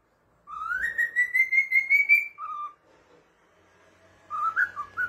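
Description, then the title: Cockatiel whistle: a long wavering rising note, a short low note, then after a pause a quick wobbling phrase. Cockatiels singing and whistling. "Calopsitas Cantando Assobio"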